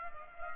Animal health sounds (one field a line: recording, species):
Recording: mosquito wingbeat signal from an infrared sensor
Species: Culex pipiens